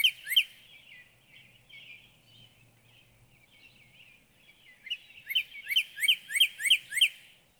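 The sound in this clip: Northern cardinal song: two falling whistles open, a stretch of soft twittering follows, then a steady run of repeated downslurred notes closes.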